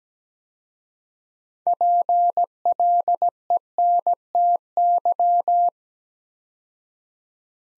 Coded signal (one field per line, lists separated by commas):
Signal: Morse code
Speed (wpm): 17 wpm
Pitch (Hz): 700 Hz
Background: none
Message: PLENTY